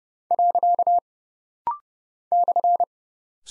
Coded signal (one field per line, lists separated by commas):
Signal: Morse code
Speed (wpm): 30 wpm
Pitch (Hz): 700 Hz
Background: none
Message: . /